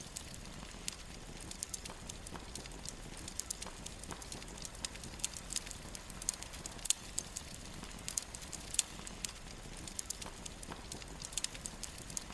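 A soft campfire burns steadily, its low, even hiss and rumble filling the background. Small bright crackles and pops break through constantly at irregular moments, with a few sharper snaps around the middle and later seconds.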